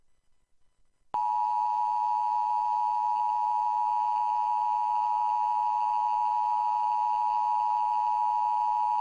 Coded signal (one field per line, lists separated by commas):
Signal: Emergency Alert System (SAME) tones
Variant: 853 and 960 Hz attention tone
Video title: (EAS #119-123) Holly, jolly testing... at night~ (NC Required Monthly Tests from 12/13/2020)